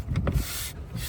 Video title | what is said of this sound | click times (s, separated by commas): Tesla Model Y 12V Battery Replacement - How To Replace It Yourself - Watch This Before It’s too Late | Make sure you get all your tabs in. You can hear them click as they start to go in. | 0.2 s, 0.3 s